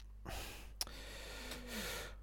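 Two soft, rasping breath sounds with a brief snort-like click between them, over a steady low room hum. This is a sleeping female dog snoring, an ordinary, harmless sleep noise.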